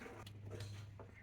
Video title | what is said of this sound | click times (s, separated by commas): Subaru Crankshaft Position Sensor - P0335 | an electric connector. Just press that until it clicks. | 0.3 s, 0.6 s, 1.0 s